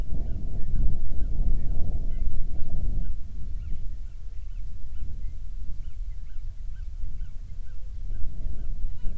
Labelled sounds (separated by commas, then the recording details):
songbird, wind, insects
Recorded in the Prudhoe Bay oil fields, Alaska, on 7 July 2019 at 00:02
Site 16